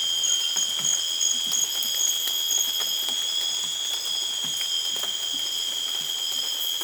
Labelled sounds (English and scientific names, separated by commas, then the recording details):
none
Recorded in dense forest near Puerto Asís, Putumayo, Colombia, on 25 June 2025 at 00:00
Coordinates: 0.484, -76.325
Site H65